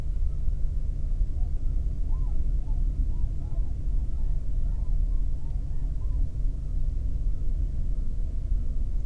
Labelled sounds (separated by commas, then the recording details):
waterfowl, man-made sound
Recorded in the Prudhoe Bay oil fields, Alaska, on 22 May 2019 at 00:33
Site 19